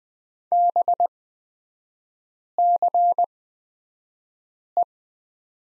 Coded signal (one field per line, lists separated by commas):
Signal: Morse code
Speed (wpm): 20 wpm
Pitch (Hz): 700 Hz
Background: none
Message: BCE